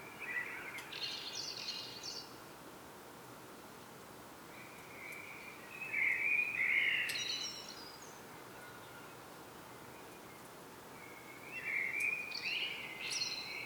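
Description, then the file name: Common blackbird singing three spaced phrases, each a soft low warble ending in a scratchy, high twittering flourish, against steady background hiss. "Turdus merula"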